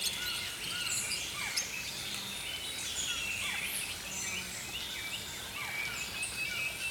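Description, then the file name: Songbirds in a dense dawn-style chorus of overlapping high chirps and thin whistles, with a steady noisy hiss beneath them throughout. Early morning. "Healing Power Natural Sounds Oasis - Early Morning Songbirds"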